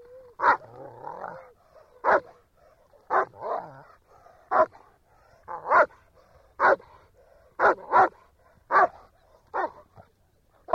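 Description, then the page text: German Shepherd dog giving repeated single barks at irregular intervals, with softer whining in some of the gaps between barks. Shepherd dog barking quietly. "Звук овчарка гавкает. Звук Немецкая овчарка"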